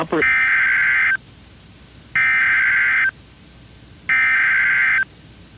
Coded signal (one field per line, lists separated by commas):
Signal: Emergency Alert System (SAME) tones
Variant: header bursts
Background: speech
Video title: EAS 448 - Another FFW While I Was Sleeping